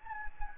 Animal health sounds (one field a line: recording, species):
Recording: mosquito wingbeat signal from an infrared sensor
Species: Anopheles gambiae